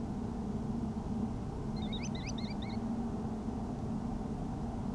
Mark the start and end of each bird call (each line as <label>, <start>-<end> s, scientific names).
Tringa ochropus, 1.75-2.77 s